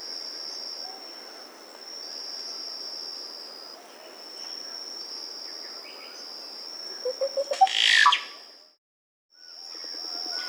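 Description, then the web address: Dusky-green oropendola gives a quick ascending string of gurgling notes bursting into a loud, rich flourish, with a constant high insect whine and a brief silent gap afterwards. South America. "Natures Songs S America Dusky-Green Oropendola"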